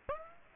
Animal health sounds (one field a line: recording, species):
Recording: mosquito wingbeat signal from an infrared sensor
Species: Aedes aegypti